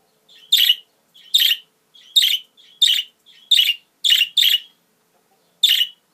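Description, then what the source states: Budgerigar giving a series of rasping squawks, the earlier ones each preceded by a soft lead-in note, then a pause before a final call. Female budgerigar; mixed sounds.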